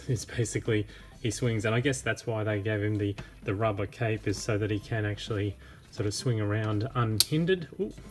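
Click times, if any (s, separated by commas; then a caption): none. A plastic action figure with a rubber cape is handled and swung through its swing action feature, the mechanism in the figure's body, while someone talks. The swing mechanism has not clicked or hooked into place yet.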